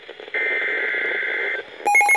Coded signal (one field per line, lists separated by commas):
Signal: Emergency Alert System (SAME) tones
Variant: header bursts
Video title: Severe Thunderstorm Warning (EAS #258)